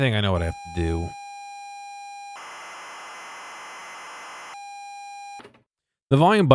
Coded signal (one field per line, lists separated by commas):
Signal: ZX Spectrum tape loading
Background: speech